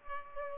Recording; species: mosquito wingbeat signal from an infrared sensor; Culex pipiens